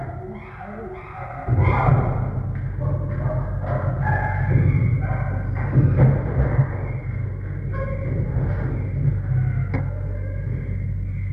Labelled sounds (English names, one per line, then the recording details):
Chimpanzee
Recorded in captivity
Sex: diverse
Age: adult
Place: Tierpark Berlin, Berlin, DE
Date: 1961-01-23
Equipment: Smaragd
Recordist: Korde and Stein